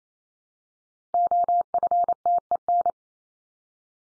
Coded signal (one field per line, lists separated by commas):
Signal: Morse code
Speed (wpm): 28 wpm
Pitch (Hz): 700 Hz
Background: none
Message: OFTEN